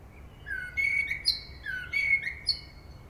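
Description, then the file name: Common blackbird giving two similar, melodious whistled phrases in quick succession, each with a brief thin squeak at its end. "Turdus merula"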